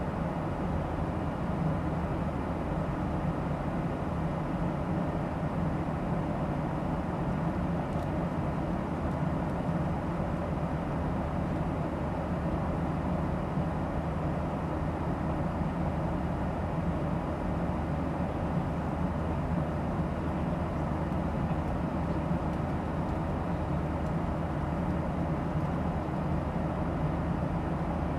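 Steady engine hum inside an airliner cabin in flight, a dense, unchanging drone weighted toward the low end with a soft hiss above it. The level holds constant throughout with no distinct events or voices standing out.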